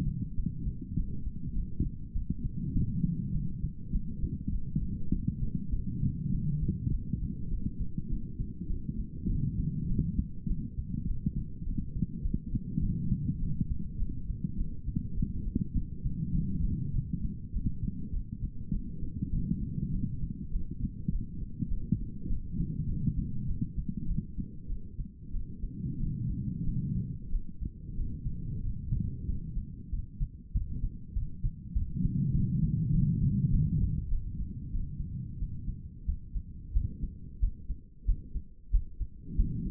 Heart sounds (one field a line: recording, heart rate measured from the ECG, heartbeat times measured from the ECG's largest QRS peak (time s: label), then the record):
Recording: heart sounds by stethoscope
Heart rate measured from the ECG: 98 bpm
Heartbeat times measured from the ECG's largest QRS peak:
0.35 s: heartbeat
0.95 s: heartbeat
1.54 s: heartbeat
2.14 s: heartbeat
2.73 s: heartbeat
3.32 s: heartbeat
3.91 s: heartbeat
4.50 s: heartbeat
5.11 s: heartbeat
5.71 s: heartbeat
6.31 s: heartbeat
6.90 s: heartbeat
7.49 s: heartbeat
8.09 s: heartbeat
8.68 s: heartbeat
9.28 s: heartbeat
9.87 s: heartbeat
10.46 s: heartbeat
11.06 s: heartbeat
11.65 s: heartbeat
12.23 s: heartbeat
12.81 s: heartbeat
13.39 s: heartbeat
13.98 s: heartbeat
14.56 s: heartbeat
15.15 s: heartbeat
15.74 s: heartbeat
16.33 s: heartbeat
16.92 s: heartbeat
17.52 s: heartbeat
18.12 s: heartbeat
18.71 s: heartbeat
19.31 s: heartbeat
19.91 s: heartbeat
20.51 s: heartbeat
21.11 s: heartbeat
21.69 s: heartbeat
22.28 s: heartbeat
22.87 s: heartbeat
23.46 s: heartbeat
24.06 s: heartbeat
24.68 s: heartbeat
25.32 s: heartbeat
25.98 s: heartbeat
26.65 s: heartbeat
27.30 s: heartbeat
27.95 s: heartbeat
28.62 s: heartbeat
29.27 s: heartbeat
29.91 s: heartbeat
30.54 s: heartbeat
31.15 s: heartbeat
31.74 s: heartbeat
32.33 s: heartbeat
32.91 s: heartbeat
33.50 s: heartbeat
34.09 s: heartbeat
34.72 s: heartbeat
35.40 s: heartbeat
36.06 s: heartbeat
36.74 s: heartbeat
37.41 s: heartbeat
38.06 s: heartbeat
38.72 s: heartbeat
39.37 s: heartbeat
From the record:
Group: healthy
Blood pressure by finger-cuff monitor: 134/92 mmHg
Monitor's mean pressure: 106 mmHg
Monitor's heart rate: 100 bpm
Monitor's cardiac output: 5.6 L/min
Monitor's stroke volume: 55 mL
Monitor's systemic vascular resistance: 1370 dyn s/cm5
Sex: female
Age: 51 years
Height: 162 cm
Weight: 70.04 kg